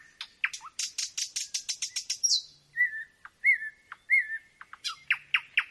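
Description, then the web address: Nightingale song: a fast high rattle, then drawn-out warbled whistles and sharp rising notes in varied phrases. Singing at night; nocturnal performance. "spiew ptakow nocny wystep slowika"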